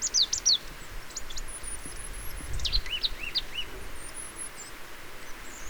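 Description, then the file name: Marsh tit giving sharp, high, dropping call notes in short runs, with a faint, very high whistle and a steady background hiss. "Poecile palustris"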